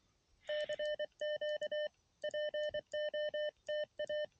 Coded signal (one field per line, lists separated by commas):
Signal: Morse code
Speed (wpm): 23 wpm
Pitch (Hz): 600 Hz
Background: none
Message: CQ POTA